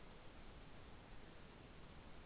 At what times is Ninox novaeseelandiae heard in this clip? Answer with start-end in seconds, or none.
none